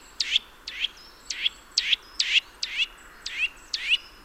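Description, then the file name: Eurasian nuthatch uttering a rapid series of harsh, rather buzzy call notes, about two per second. "Sitta europaea"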